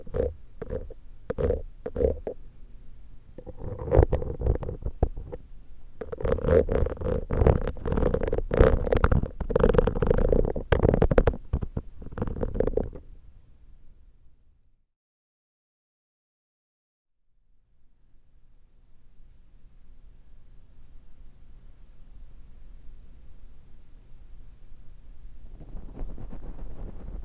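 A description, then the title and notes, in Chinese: A new candle being unboxed: crinkling packaging, taps and scraping come in dense bursts through the first thirteen seconds. After a few seconds of silence, a low, steady hum slowly rises, with a soft hiss creeping in near the end. 開箱新蠟燭。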